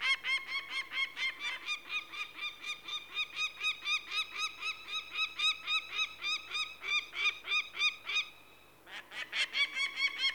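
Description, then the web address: Peregrine falcon giving harsh, rasping cacking notes in a fast steady series, about four per second, with a brief pause near the end before the calls resume. "The BBC Sound Effects Library. Peregrine Falcon"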